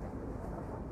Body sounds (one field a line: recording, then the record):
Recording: background sound without coughing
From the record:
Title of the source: Train Ride Ambience ambient white noise for sleeping, focus, studying, reading